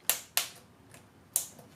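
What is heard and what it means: A plastic keycap is centred by eye over the retainer clip of a Lenovo laptop keyboard, above a healthy, undamaged rubber dome, and pressed down. Sharp clicks ring out at 0.1 s, 0.4 s and 1.4 s, with a faint tick around 0.9 s. The keycap snaps on and is seated.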